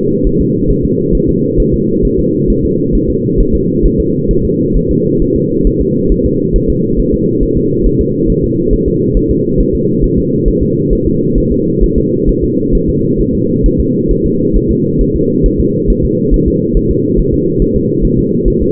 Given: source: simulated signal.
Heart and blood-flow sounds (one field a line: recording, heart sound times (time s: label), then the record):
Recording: fetal heart sounds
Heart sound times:
0.27 s: S1
0.41 s: S2
0.71 s: S1
0.85 s: S2
1.15 s: S1
1.29 s: S2
1.60 s: S1
1.74 s: S2
2.05 s: S1
2.19 s: S2
2.50 s: S1
2.65 s: S2
2.95 s: S1
3.10 s: S2
3.40 s: S1
3.55 s: S2
3.86 s: S1
4.00 s: S2
4.31 s: S1
4.45 s: S2
4.77 s: S1
4.91 s: S2
5.22 s: S1
5.36 s: S2
5.67 s: S1
5.81 s: S2
6.12 s: S1
6.26 s: S2
6.56 s: S1
6.70 s: S2
7.00 s: S1
7.14 s: S2
7.43 s: S1
7.57 s: S2
7.87 s: S1
8.01 s: S2
8.30 s: S1
8.44 s: S2
8.73 s: S1
8.88 s: S2
9.17 s: S1
9.31 s: S2
9.60 s: S1
9.75 s: S2
10.04 s: S1
10.18 s: S2
10.48 s: S1
10.62 s: S2
10.93 s: S1
11.07 s: S2
11.38 s: S1
11.52 s: S2
11.84 s: S1
11.98 s: S2
12.29 s: S1
12.44 s: S2
12.75 s: S1
12.89 s: S2
13.21 s: S1
13.35 s: S2
13.66 s: S1
13.80 s: S2
14.11 s: S1
14.26 s: S2
14.56 s: S1
14.71 s: S2
15.01 s: S1
15.16 s: S2
15.46 s: S1
15.60 s: S2
15.90 s: S1
16.05 s: S2
16.34 s: S1
16.48 s: S2
16.77 s: S1
16.91 s: S2
17.20 s: S1
17.34 s: S2
17.62 s: S1
17.76 s: S2
18.05 s: S1
18.19 s: S2
18.48 s: S1
18.62 s: S2
From the record:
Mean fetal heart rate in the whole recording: 135 bpm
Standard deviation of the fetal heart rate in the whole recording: 3 bpm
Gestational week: 36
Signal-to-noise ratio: -11.2 dB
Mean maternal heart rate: 72 bpm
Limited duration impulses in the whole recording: present